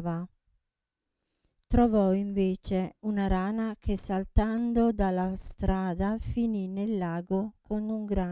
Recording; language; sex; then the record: read passage; Italian; female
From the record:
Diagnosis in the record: Parkinson's disease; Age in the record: 67 years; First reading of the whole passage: 79 s, 6.5 characters per second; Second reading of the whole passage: 74 s, 7.0 characters per second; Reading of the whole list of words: 72 s, 3.9 characters per second